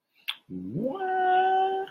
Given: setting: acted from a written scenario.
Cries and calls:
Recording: vocal sound without words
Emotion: confusion

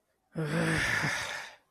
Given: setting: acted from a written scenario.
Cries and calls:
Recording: vocal sound without words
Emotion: anger

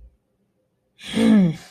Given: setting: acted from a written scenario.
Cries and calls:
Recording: vocal sound without words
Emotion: anger

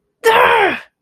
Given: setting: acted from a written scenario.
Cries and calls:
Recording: vocal sound without words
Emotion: fear

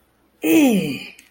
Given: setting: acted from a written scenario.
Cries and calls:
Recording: vocal sound without words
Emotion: triumph

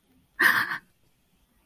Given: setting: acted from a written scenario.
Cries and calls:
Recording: vocal sound without words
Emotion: distress

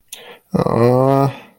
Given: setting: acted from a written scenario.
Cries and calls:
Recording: vocal sound without words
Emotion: embarrassment

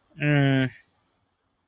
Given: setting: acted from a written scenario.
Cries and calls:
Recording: vocal sound without words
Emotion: neutral

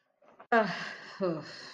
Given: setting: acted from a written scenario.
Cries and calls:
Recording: vocal sound without words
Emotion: embarrassment

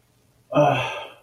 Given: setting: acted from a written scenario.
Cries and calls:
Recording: vocal sound without words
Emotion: disappointment

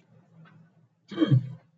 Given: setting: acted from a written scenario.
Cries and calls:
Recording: vocal sound without words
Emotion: negative surprise

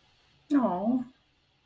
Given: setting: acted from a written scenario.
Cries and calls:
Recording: vocal sound without words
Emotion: sympathy

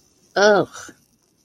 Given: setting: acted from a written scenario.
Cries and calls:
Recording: vocal sound without words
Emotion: disgust

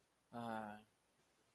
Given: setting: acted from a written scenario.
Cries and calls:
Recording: vocal sound without words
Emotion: sadness

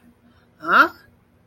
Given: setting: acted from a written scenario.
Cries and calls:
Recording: vocal sound without words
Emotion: confusion

